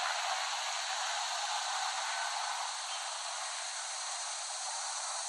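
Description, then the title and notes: Cicadas buzzing in a thick, rasping chorus, loudest at the start and then settling to an even drone. Cicadas in West Brighton, Staten Island, late summer 2008, by Dan Bodah. "Dronecast No. 021: The Cicadas of Summer. Recording of cicadas made by Dan Bodah in West Brighton, Staten Island, late summer 2008"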